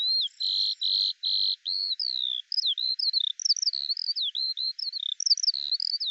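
Eurasian skylark song opening with several buzzy blocks, then breaking into a continuous high warble of fast slurred, twisting notes.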